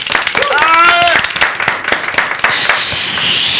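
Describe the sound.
A burst of applause for guests on a radio show: many overlapping claps in a dense, steady patter, with a brief wavering high whistle or cheer early on and some voices mixed in, turning to a hissier wash near the end.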